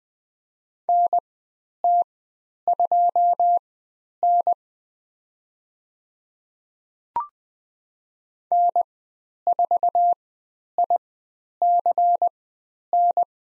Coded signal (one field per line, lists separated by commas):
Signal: Morse code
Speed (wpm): 20 wpm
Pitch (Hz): 700 Hz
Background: none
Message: NT2N N4ICN